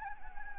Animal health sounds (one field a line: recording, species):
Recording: mosquito wingbeat signal from an infrared sensor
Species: Anopheles gambiae